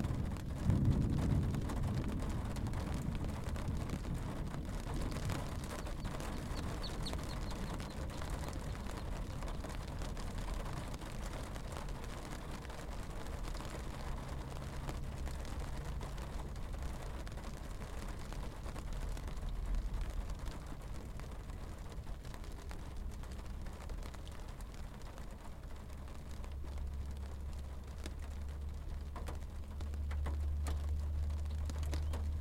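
Rain falls on a car windshield, a steady dense patter with countless fine ticks spread evenly through the clip. Underneath runs a low rumble that thickens into a steady engine-like hum from about fourteen seconds on, strongest near the end.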